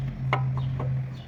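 During a timing belt change, a metal timing belt component is fitted onto its spot on the engine block and seats with a sharp knock at 0.3 s. Two softer knocks follow at about 0.6 s and 0.8 s over a steady low hum. The part drops into place and is confirmed seated.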